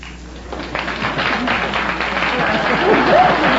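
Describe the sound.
A studio audience of the quiz show You Bet Your Life applauds steadily for several seconds, a dense wash of clapping that holds its loudness throughout, with scattered voices and chatter mixed into the noise.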